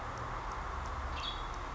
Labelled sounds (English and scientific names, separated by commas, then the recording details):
Western Tanager (Piranga ludoviciana)
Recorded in Sonoma County, California